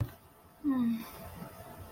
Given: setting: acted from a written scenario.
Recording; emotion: vocal sound without words; guilt